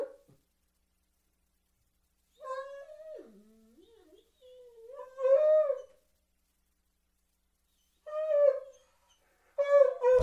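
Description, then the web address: Dobermann giving long mournful howls that dip and waver in pitch, interspersed with shorter whining cries and silent gaps. "dog doberman"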